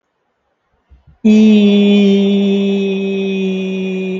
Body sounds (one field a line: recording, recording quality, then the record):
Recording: sustained vowel as in beet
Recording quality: excellent, no background noise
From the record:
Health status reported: healthy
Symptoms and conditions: none ticked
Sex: male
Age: 30 years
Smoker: not ticked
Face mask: not worn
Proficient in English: yes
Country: India